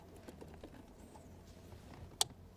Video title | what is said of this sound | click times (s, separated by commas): Hyundai Sonata 2020~2023 Remote Engine Starter install / Key Ignition - MyKey Premium | make sure it's all the way in make sure it clicks | 2.2 s